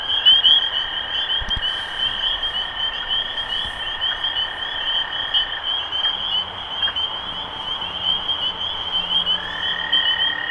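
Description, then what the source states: Spring peeper chorus of high peeping notes over a steady lower tone that drops out for a spell midway. Recorded 23 March 2012.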